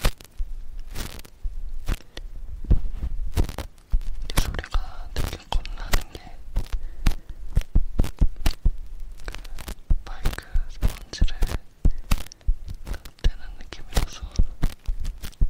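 Whispered ear cleaning with a sticky ear pick and cotton swabs. Sharp, dense crackles and taps come every fraction of a second throughout, with short scraping rubs between them. Soft whispering shows up faintly around the fourth to sixth and tenth to eleventh seconds.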